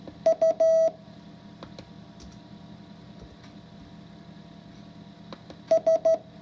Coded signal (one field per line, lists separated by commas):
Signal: Morse code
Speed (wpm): 13 wpm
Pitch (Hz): 650 Hz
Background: none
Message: U S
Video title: If I can learn morse code, so can you. Lesson 5 practice.